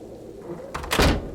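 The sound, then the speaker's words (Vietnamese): A main door bursts open with a heavy bang as wind and rain gust in: a brief rattling clatter, then a loud, deep thud that rings out briefly before fading to a low background hum. “Rầm lên một tiếng, lão Lục giật mình tỉnh dậy, lấy tay che mặt vì cánh cửa chính vừa bị bung ra.”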